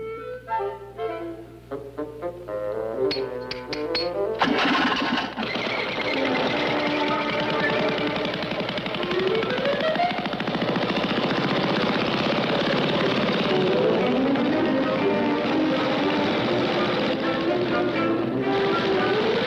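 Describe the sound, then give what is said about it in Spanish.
A small outboard motor driving a steamroller: a steady, loud buzzing engine drone with wavering, rising and falling pitch, starting a few seconds in after a short run of tonal notes. “Aplanadora con motor fuera de borda, tamaño pequeño.”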